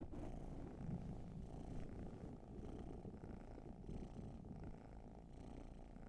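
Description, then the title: Cat purr, low and steady, rumbling evenly with slight rises and falls in loudness. Long purring session, raw field recording. "Field Recs Purrathon RAW"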